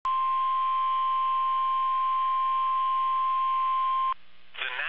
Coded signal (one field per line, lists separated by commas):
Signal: Emergency Alert System (SAME) tones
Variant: 1050 Hz attention tone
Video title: Severe Thunderstorm Warning (EAS #453)